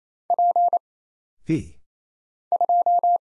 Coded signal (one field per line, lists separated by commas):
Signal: Morse code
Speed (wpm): 28 wpm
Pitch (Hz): 700 Hz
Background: none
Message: P 2